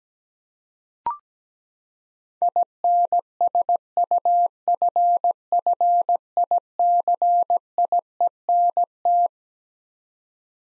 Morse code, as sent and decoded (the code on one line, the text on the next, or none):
.. -. ... ..- ..-. ..-. .. -.-. .. . -. -
INSUFFICIENT